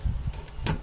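A white locking clip on the second side of a memory slot in a desktop system unit is pressed to lock a memory module into the motherboard slot. A few faint ticks come first, then a sharp click at 0.7 s as the latch clicks shut, showing the module is seated and locked.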